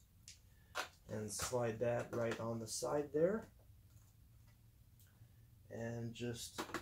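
A plastic Shark vacuum attachment is handled and lined up to be slapped onto the vacuum body under a small clamp or tab on the left side, while someone talks. A brief soft tap is heard near 0.3 s, and quiet stretches fall between the talking. The part has not seated or clicked into place yet.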